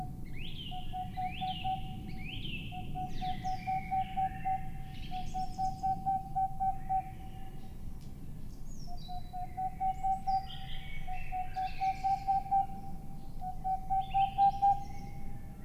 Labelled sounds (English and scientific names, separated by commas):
Boreal Owl (Aegolius funereus)